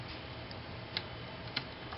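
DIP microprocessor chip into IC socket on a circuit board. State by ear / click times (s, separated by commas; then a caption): seated / 1.0 s, 1.6 s. A DIP microprocessor (P18F1220), with its notch on the left-hand side, is pressed gently down into its IC socket on a V1.0 4x4 keypad matrix processor circuit board. Over a steady low background hiss, two short, sharp ticks are heard at 1.0 s and 1.6 s as the pins seat and the chip locks into place.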